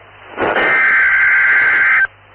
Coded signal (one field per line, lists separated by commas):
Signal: Emergency Alert System (SAME) tones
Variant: header bursts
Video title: REAL EAS 1419-Severe Thunderstorm Warning